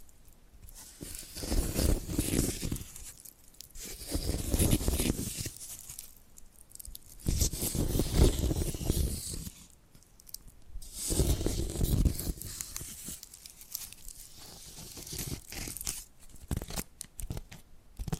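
Scratching and tapping come in dense, rasping bursts of a second or two, separated by brief quieter gaps, in a loose repeating rhythm across the clip. The scratches have a rough, crinkly, tearing texture, with sharper individual taps clustering near the end.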